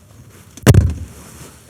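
The door lock latch of an RV entry door, which had been locked from the inside so it could not be opened from outside, is worked again by hand to free it and open the door. A faint tick comes first, then a sharp mechanical snap at 0.7 s with a quick rattle trailing off to about 0.9 s. The latch snaps open and the door is released.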